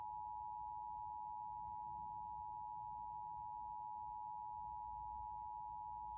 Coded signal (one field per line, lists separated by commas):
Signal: Emergency Alert System (SAME) tones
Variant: 853 and 960 Hz attention tone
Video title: WPVI-TV Emergency Alert System Required Monthly Test in PA (EAS #121)